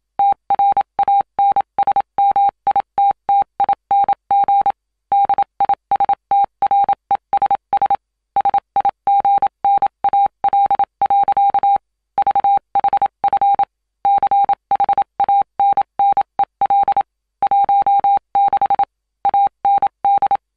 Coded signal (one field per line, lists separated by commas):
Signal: Morse code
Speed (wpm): 27 wpm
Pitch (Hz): 800 Hz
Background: none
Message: TRANSMITTING DISTRESS SIGNAL. VHF CHANNEL 16 AND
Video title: Sos Morse Code Sound Effect / Various World War Morse Codes Sounds / Morse Code Transmitter Sound